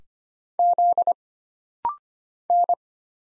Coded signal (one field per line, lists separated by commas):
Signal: Morse code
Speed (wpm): 25 wpm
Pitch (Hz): 700 Hz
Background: none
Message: Z N